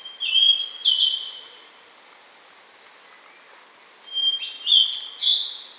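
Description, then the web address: Rufous-brown solitaire song: two bursts of high, ethereal whistled and slurred notes with squeaky overtones, separated by a pause of about two and a half seconds. Recorded in Ecuador. "Birds of Ecuador. Rufous-brown Solitaire"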